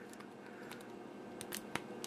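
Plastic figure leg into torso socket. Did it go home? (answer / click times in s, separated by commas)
no / none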